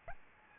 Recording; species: mosquito wingbeat signal from an infrared sensor; Aedes albopictus